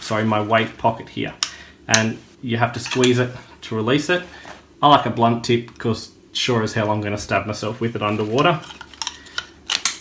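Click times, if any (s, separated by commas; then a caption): 9.9 s. Someone talks while a blunt-tip dive knife, chosen blunt so it won't stab its owner underwater, is handled at its sheath mounted on a weight belt pocket, which is squeezed to release the knife. A few light clicks and taps come near the end as the knife is pushed back in, and it snaps firmly into the sheath with a positive click at 9.9 s, seated.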